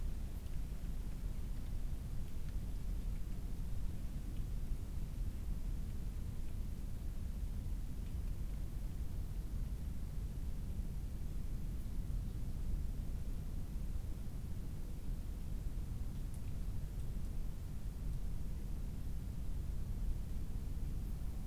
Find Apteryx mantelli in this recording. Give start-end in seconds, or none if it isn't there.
none